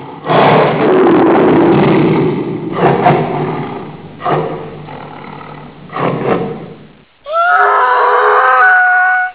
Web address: animal tiger